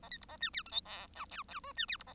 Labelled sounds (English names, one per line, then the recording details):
Bengalese Finch song
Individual Bird1